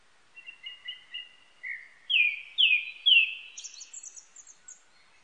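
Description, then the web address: Japanese thrush song: soft repeated notes build into three loud falling whistles, then a run of high thin twittering notes. Recorded 19 April 1998. "1998 980419 kurotugumi"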